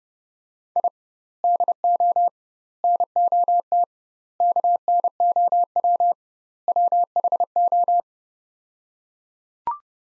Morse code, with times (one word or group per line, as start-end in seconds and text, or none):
0.8-0.9 I
1.4-2.3 DO
2.8-3.8 NOT
4.4-6.1 KNOW
6.7-8.0 WHO